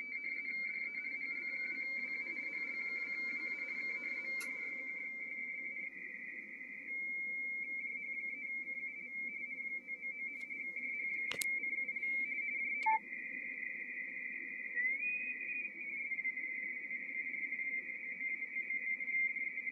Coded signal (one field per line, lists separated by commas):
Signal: RTTY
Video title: P29RO, Papua New Guinea, Pacific Ocean, 18MHz, RTTY QSO by HL2WA